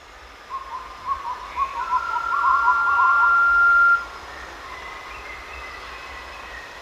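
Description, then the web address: Blue-banded pitta: a single even whistle lasting about two seconds, overlapping quick repeated chirps. Recorded at Danum on 1 March 2008. "DANUM 20080301. blue-banded pitta"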